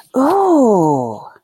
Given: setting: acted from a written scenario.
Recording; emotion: vocal sound without words; adoration